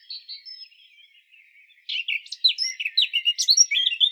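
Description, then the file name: Eurasian blackcap with a soft opening twitter, a short lull, then a lively run of sharp, rapid chirping notes. "Sylvia atricapilla"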